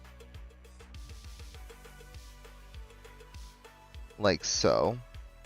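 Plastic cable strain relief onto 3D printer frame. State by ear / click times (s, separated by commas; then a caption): not seated / none. A plastic cable strain relief clip is handled and pushed toward the frame of an Anycubic Kobra 2 Neo 3D printer. Regular music beats play throughout, and someone talks near the end. Nothing has seated or clicked into place yet.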